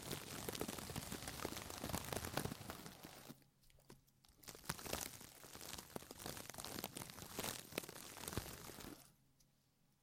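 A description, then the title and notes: A deep ear massage makes dense, crackling rubs and crinkles, like rain pattering on a surface. The rustling runs thick for the first three seconds, drops nearly silent around four seconds, then resumes in uneven bursts before fading out near nine seconds. ASMR Sleep With Deep Ear Massage (No Talking).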